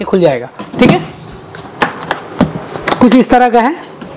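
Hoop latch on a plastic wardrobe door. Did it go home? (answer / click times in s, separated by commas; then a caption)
no / none. Someone talks while handling the hoop-style latch on the door of a plastic portable Supreme wardrobe cabinet, with a series of short, sharp knocks between about 1.6 and 2.9 seconds. The latch has not locked and nothing has seated yet.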